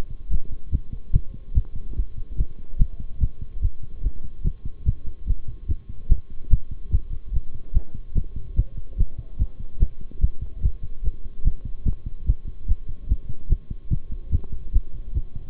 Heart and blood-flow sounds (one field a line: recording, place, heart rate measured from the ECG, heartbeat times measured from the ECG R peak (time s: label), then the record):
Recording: heart sounds by stethoscope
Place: between the tricuspid and mitral areas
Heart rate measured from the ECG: 146 bpm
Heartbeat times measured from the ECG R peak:
0.31 s: heartbeat
0.72 s: heartbeat
1.13 s: heartbeat
1.55 s: heartbeat
1.96 s: heartbeat
2.38 s: heartbeat
2.79 s: heartbeat
3.20 s: heartbeat
3.62 s: heartbeat
4.03 s: heartbeat
4.44 s: heartbeat
4.86 s: heartbeat
5.27 s: heartbeat
5.68 s: heartbeat
6.09 s: heartbeat
6.50 s: heartbeat
6.92 s: heartbeat
7.33 s: heartbeat
7.74 s: heartbeat
8.15 s: heartbeat
8.56 s: heartbeat
8.98 s: heartbeat
9.39 s: heartbeat
9.80 s: heartbeat
10.21 s: heartbeat
10.63 s: heartbeat
11.04 s: heartbeat
11.45 s: heartbeat
11.85 s: heartbeat
12.27 s: heartbeat
12.68 s: heartbeat
13.09 s: heartbeat
13.50 s: heartbeat
13.91 s: heartbeat
14.32 s: heartbeat
14.73 s: heartbeat
15.14 s: heartbeat
From the record:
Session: bicycle stress test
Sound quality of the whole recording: good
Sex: male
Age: 23 years